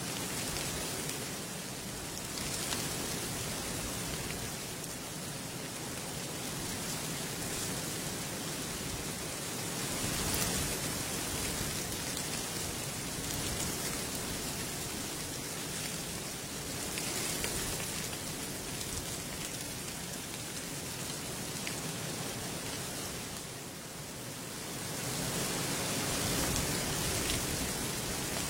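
Wind in open nature rushes steadily, a dense hiss that fills everything from low rumble to bright airy top. It swells in gusts near 10, 17 and 24 seconds, then settles, with a rain-like patter in its texture throughout.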